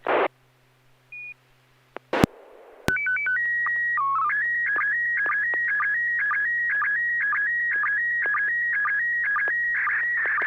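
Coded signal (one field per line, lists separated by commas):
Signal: SSTV (slow-scan television)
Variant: PD120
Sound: short static bursts, then a steady tone, chirpy header, and a fast-warbling image tone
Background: FM squelch noise bursts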